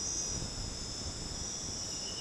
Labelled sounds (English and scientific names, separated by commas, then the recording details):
none
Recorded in dense forest near Puerto Asís, Putumayo, Colombia, on 12 March 2025 at 22:00
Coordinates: 0.486, -76.317
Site G053